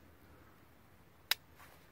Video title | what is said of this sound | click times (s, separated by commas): How to get rid of coyote on your farm - Coyote Trapping #lazypondfarm | you listen you can hear click don't have to set that then that there's ready to fire | 1.3 s